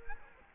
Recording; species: mosquito wingbeat signal from an infrared sensor; Culex quinquefasciatus